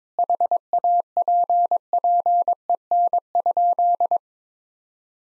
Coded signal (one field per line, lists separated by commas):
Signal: Morse code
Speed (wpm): 22 wpm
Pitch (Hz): 700 Hz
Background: none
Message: HAPPEN?